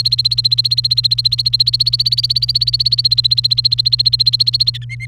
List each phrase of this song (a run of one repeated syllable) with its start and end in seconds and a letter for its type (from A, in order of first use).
0.00-4.70 A, 4.74-4.84 B, 4.89-5.06 C